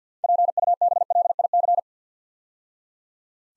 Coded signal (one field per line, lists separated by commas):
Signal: Morse code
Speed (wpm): 50 wpm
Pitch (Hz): 700 Hz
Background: none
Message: PUBLIC